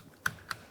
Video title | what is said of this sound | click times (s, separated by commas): How to Replace Combination Switch 2006-2012 Ford Fusion | once you hear that click go ahead and lock it in with this little red Locker | 0.3 s